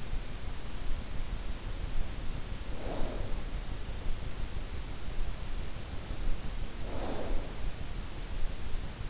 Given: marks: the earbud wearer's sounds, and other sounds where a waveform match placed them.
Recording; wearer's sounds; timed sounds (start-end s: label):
sounds in sleep by an in-ear microphone; snoring breath
2.62-3.45 s: snoring breath
6.77-7.48 s: snoring breath